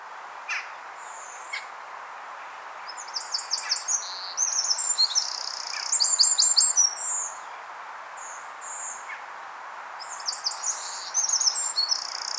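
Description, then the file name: Eurasian wren singing high, fast rattling trills and ticking notes in bursts, a louder run in the middle, with a few faint clicks and background hiss. "Troglodytes troglodytes"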